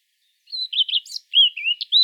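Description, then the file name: Eurasian blackcap singing a short warbled phrase of quick chirps and clear whistled slurs, with a brief pause midway, against otherwise quiet surroundings. "Sylvia atricapilla"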